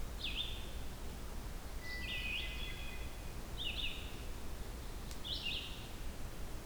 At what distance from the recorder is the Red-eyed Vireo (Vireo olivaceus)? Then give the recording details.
about 60 m. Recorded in boreal forest in Alberta, Canada, on 16 June 2016 at 07:03. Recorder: SongMeter 3, array SBT-3-32. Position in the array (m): 43 m, 22 m